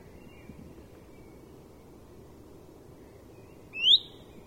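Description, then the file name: Common chaffinch giving a single short, upward-sweeping whistled note near the end, after a stretch of quiet hiss with faint chirps. "Fringilla coelebs"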